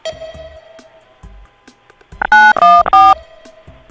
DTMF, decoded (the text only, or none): 914